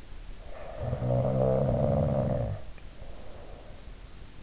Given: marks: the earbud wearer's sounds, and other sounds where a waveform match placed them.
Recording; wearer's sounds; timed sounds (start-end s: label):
sounds in sleep by an in-ear microphone; snoring breath
0.33-3.93 s: snoring breath